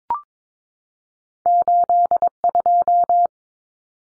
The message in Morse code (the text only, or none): 82